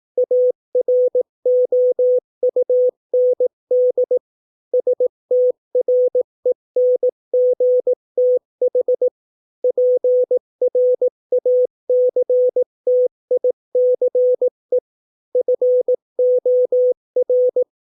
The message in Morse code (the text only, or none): AROUND STRENGTH PRACTICE FOR